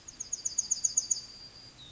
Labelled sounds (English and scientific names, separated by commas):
Yellowhammer (Emberiza citrinella) song